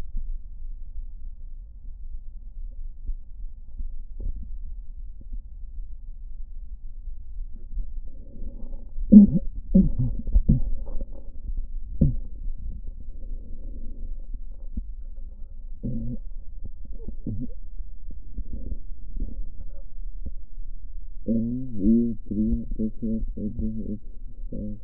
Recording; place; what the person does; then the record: lung sounds by stethoscope; left posterior apical chest; quiet breathing, then cough and speech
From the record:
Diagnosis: none (healthy); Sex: male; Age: 35 years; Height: 186 cm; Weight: 108 kg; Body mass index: 31.2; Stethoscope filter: diaphragm mode